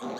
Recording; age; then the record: pig call; piglet (1 to 25 days)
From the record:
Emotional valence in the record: negative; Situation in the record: short isolation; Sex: male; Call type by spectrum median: low-frequency call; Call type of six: mixed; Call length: 0.20 s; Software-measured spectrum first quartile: 337 Hz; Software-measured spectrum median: 606 Hz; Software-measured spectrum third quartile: 1140 Hz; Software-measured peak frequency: 235 Hz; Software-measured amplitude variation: 81 dB a second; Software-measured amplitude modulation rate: 17.3 a second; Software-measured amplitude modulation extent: 4.7 dB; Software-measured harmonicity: 0.9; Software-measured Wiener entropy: -0.46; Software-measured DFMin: 1783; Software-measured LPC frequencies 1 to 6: 588, 3675, 4384, 5932, 6616, 7514 Hz